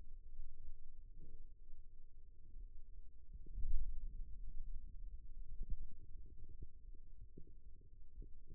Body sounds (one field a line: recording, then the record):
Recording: forearm muscle sounds (acoustic myography)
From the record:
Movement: radial deviation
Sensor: system 2, bracelet of six BSWA MPA416 microphones around the upper forearm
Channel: 3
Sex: male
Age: 22 years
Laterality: right